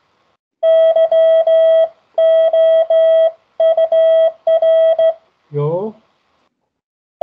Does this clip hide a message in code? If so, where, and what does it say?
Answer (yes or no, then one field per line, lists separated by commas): yes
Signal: Morse code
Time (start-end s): 0.6-5.1 s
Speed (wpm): 14 wpm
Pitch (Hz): 650 Hz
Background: speech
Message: YOUR